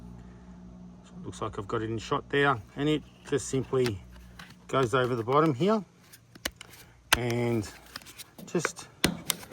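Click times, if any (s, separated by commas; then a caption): 9.0 s. On a ladder, someone talks while fitting a plastic plate over the bottom of a rain gutter fitting and pushing it on. A sharp snap at 9.0 s marks the plate clicking into place, seated.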